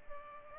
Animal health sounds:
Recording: mosquito wingbeat signal from an infrared sensor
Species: Culex pipiens

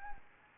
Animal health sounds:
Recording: mosquito wingbeat signal from an infrared sensor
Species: Anopheles gambiae

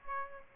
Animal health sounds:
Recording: mosquito wingbeat signal from an infrared sensor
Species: Aedes aegypti

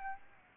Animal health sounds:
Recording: mosquito wingbeat signal from an infrared sensor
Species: Aedes aegypti

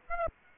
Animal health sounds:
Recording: mosquito wingbeat signal from an infrared sensor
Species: Aedes aegypti

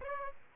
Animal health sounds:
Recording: mosquito wingbeat signal from an infrared sensor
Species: Aedes aegypti

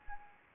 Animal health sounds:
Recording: mosquito wingbeat signal from an infrared sensor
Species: Anopheles arabiensis

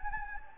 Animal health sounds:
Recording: mosquito wingbeat signal from an infrared sensor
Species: Anopheles gambiae

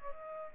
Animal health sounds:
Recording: mosquito wingbeat signal from an infrared sensor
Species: Aedes albopictus

